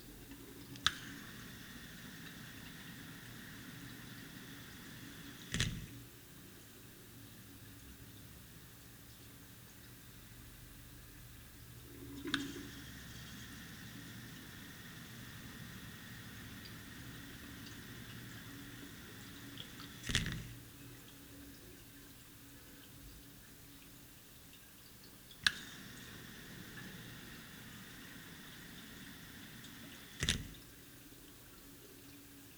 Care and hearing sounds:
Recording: daily activity, guitar pickup as the sensor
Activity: flush

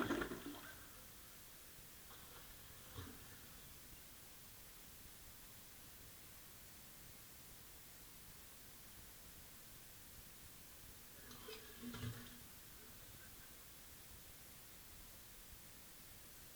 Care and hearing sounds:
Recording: daily activity, guitar pickup as the sensor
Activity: flush

